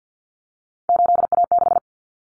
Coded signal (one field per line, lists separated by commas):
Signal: Morse code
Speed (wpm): 50 wpm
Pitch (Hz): 700 Hz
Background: none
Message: 8A6